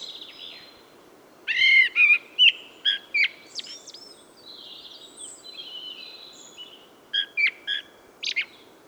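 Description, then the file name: Eurasian blackbird with a few loud whistled notes and squeaky high flourishes, a quiet gap, then short high twitters. "Turdus merula"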